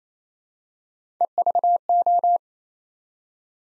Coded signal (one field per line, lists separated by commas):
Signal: Morse code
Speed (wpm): 27 wpm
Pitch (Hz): 700 Hz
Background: none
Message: EVO